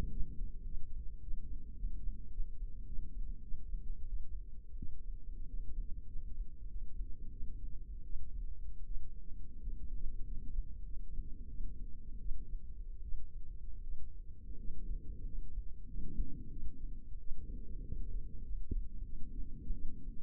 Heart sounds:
heart sounds by microphone in the left ear; 92 bpm
0.11 s: heartbeat
0.65 s: heartbeat
1.22 s: heartbeat
1.78 s: heartbeat
2.33 s: heartbeat
2.87 s: heartbeat
3.43 s: heartbeat
4.08 s: heartbeat
4.77 s: heartbeat
5.48 s: heartbeat
6.10 s: heartbeat
6.70 s: heartbeat
7.32 s: heartbeat
8.05 s: heartbeat
8.86 s: heartbeat
9.61 s: heartbeat
10.26 s: heartbeat
10.87 s: heartbeat
11.49 s: heartbeat
12.20 s: heartbeat
13.03 s: heartbeat
13.83 s: heartbeat
14.58 s: heartbeat
15.26 s: heartbeat
15.88 s: heartbeat
16.51 s: heartbeat
17.20 s: heartbeat
17.84 s: heartbeat
18.45 s: heartbeat
19.05 s: heartbeat
19.73 s: heartbeat
From the record:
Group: healthy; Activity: rest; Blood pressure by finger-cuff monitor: 138/69 mmHg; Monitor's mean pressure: 86 mmHg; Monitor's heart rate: 93 bpm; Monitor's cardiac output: 8.1 L/min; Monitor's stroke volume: 90 mL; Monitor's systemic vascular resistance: 770 dyn s/cm5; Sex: female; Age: 22 years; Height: 160 cm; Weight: 63 kg

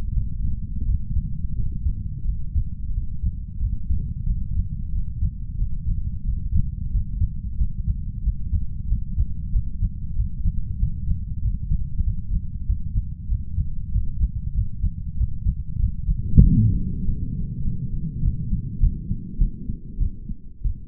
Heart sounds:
heart sounds by stethoscope; 94 bpm
0.12 s: heartbeat
0.84 s: heartbeat
1.54 s: heartbeat
2.23 s: heartbeat
2.92 s: heartbeat
3.59 s: heartbeat
4.25 s: heartbeat
4.91 s: heartbeat
5.57 s: heartbeat
6.23 s: heartbeat
6.90 s: heartbeat
7.56 s: heartbeat
8.22 s: heartbeat
8.87 s: heartbeat
9.51 s: heartbeat
10.14 s: heartbeat
10.77 s: heartbeat
11.40 s: heartbeat
12.02 s: heartbeat
12.64 s: heartbeat
13.27 s: heartbeat
13.90 s: heartbeat
14.53 s: heartbeat
15.16 s: heartbeat
15.78 s: heartbeat
16.41 s: heartbeat
17.03 s: heartbeat
17.63 s: heartbeat
18.22 s: heartbeat
18.80 s: heartbeat
19.38 s: heartbeat
19.98 s: heartbeat
20.62 s: heartbeat
From the record:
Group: healthy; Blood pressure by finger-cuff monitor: 122/83 mmHg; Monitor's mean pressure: 94 mmHg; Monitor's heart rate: 92 bpm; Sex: male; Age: 33 years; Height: 179 cm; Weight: 80.4 kg

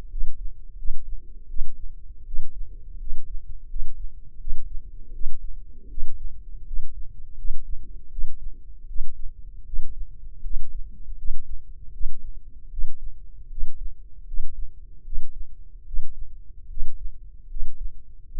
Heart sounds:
heart sounds by microphone in the left ear; 79 bpm
0.09 s: heartbeat
0.76 s: heartbeat
1.47 s: heartbeat
2.24 s: heartbeat
2.98 s: heartbeat
3.67 s: heartbeat
4.38 s: heartbeat
5.12 s: heartbeat
5.88 s: heartbeat
6.64 s: heartbeat
7.36 s: heartbeat
8.09 s: heartbeat
8.86 s: heartbeat
9.64 s: heartbeat
10.42 s: heartbeat
11.16 s: heartbeat
11.91 s: heartbeat
12.69 s: heartbeat
13.49 s: heartbeat
14.25 s: heartbeat
15.03 s: heartbeat
15.85 s: heartbeat
16.68 s: heartbeat
17.48 s: heartbeat
18.28 s: heartbeat
From the record:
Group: healthy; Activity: rest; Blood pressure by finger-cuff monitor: 137/80 mmHg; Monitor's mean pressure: 99 mmHg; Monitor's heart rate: 81 bpm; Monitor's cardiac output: 7.1 L/min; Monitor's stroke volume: 87 mL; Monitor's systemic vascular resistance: 1030 dyn s/cm5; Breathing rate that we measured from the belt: 17 breaths a minute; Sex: male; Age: 21 years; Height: 180 cm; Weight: 67.5 kg

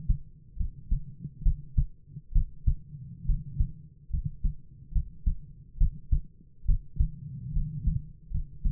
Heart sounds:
heart sounds by stethoscope; 70 bpm
0.56 s: heartbeat
1.42 s: heartbeat
2.32 s: heartbeat
3.25 s: heartbeat
4.09 s: heartbeat
4.91 s: heartbeat
5.77 s: heartbeat
6.65 s: heartbeat
7.52 s: heartbeat
8.30 s: heartbeat
From the record:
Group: healthy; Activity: rest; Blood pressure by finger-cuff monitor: 103/53 mmHg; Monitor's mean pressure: 63 mmHg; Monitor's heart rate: 69 bpm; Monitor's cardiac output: 7.9 L/min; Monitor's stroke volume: 114 mL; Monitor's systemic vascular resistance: 570 dyn s/cm5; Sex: male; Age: 22 years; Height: 185 cm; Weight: 112.4 kg

